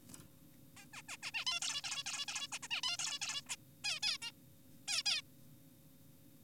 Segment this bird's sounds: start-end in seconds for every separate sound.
0.77-0.86, 0.93-1.02, 1.09-1.17, 1.23-1.31, 1.34-1.45, 1.47-1.60, 1.62-1.82, 1.84-2.04, 2.06-2.26, 2.28-2.48, 2.52-2.59, 2.63-2.68, 2.71-2.82, 2.84-2.97, 2.99-3.19, 3.22-3.41, 3.50-3.56, 3.84-4.00, 4.03-4.18, 4.22-4.31, 4.88-5.03, 5.06-5.22